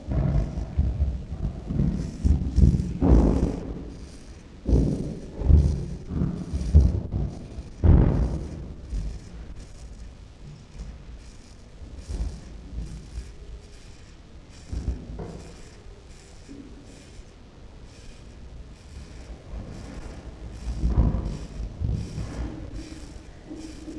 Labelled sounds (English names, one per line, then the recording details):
Chimpanzee
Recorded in captivity
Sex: diverse
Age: adult
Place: Tierpark Berlin, Berlin, DE
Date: 1965-09-03
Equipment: Grundig TK 1 Luxus, Transistorverstärker 1
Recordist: Altmann, Dagmar